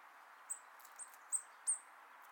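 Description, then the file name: Eurasian blue tit calls, four very high thin downslurred notes spaced a third to half a second apart over faint background hiss. "Cyanistes caeruleus"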